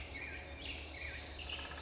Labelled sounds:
Black-headed Grosbeak (Pheucticus melanocephalus)
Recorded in Sonoma County, California

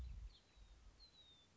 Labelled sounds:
House Finch (Haemorhous mexicanus)
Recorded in Sonoma County, California

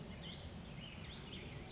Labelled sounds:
Ash-throated Flycatcher (Myiarchus cinerascens)
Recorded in Sonoma County, California

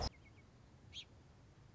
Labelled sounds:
Song Sparrow (Melospiza melodia)
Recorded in Sonoma County, California

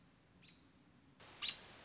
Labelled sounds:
American Robin (Turdus migratorius)
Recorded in Sonoma County, California

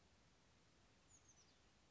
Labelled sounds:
Oak Titmouse (Baeolophus inornatus)
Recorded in Sonoma County, California

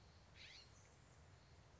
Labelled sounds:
California Scrub-Jay (Aphelocoma californica)
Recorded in Sonoma County, California

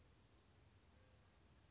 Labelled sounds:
Western Flycatcher (Empidonax difficilis)
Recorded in Sonoma County, California

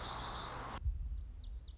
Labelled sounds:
Lazuli Bunting (Passerina amoena)
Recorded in Sonoma County, California

